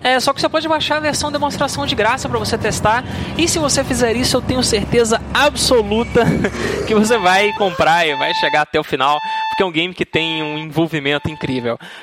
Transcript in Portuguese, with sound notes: É, só que você pode baixar a versão demonstração de graça para você testar, e se você fizer isso, eu tenho certeza absoluta [risos] que você vai comprar e vai chegar até o final, porque é um game que tem um envolvimento incrível.